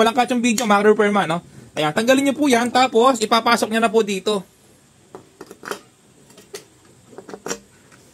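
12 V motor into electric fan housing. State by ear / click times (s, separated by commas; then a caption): not seated / none. Someone talks for about four seconds while a 12 V motor is being fitted into an electric fan housing, after a piece has been removed. A few short knocks and taps from handling follow between about 5.1 and 7.4 seconds as the fan motor is pushed into place. Nothing has seated or clicked yet.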